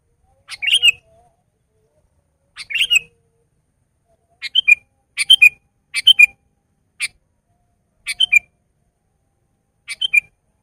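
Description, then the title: Sooty-headed bulbul calling in a spaced-out string of short chirped phrases and two-note bubbly calls over a quiet background. "kutilang"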